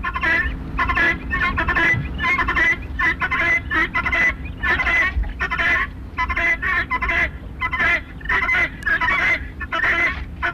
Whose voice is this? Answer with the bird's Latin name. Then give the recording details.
Numida meleagris. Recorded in captivity. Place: Camargue, FR. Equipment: Halbspur, 9,5 cm/s. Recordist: Lütgens, Hans